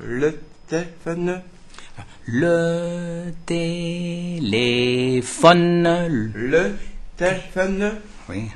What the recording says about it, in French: Il a un problème articulatoire, mais aussi un problème de la conscience du son qu'il n'a pas. Et c'est pour ça qu'il a une voix qui est une voix de sourd. Et là, il commence à avoir un contrôle, un feedback.